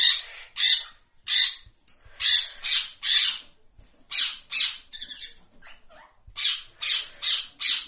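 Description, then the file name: Parrot squawking: harsh raspy bursts in quick series with short pauses, some softer and scratchier calls between the loud ones. "papageien"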